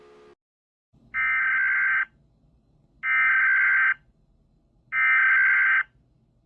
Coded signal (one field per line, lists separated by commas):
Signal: Emergency Alert System (SAME) tones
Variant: header bursts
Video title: Rating old eas alarms part 8A